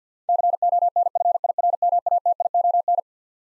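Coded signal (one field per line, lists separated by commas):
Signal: Morse code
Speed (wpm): 49 wpm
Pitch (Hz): 700 Hz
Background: none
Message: CONFIRMATION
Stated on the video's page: Twelve-letter words sent at 50 wpm for head-copy practice, each word sent, then spoken, then sent again.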